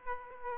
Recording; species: mosquito wingbeat signal from an infrared sensor; Aedes aegypti